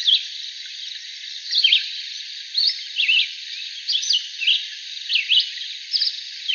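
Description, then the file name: Red-eyed vireo singing brief, slurred whistled phrases spaced by short pauses, some phrases upslurred and others dropping, with a constant hissing background. Arizona, 22 July 2001. "REVI deviche"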